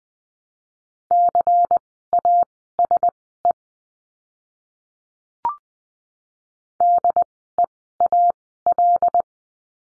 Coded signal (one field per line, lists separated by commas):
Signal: Morse code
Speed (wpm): 20 wpm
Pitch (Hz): 700 Hz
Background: none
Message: CASE DEAL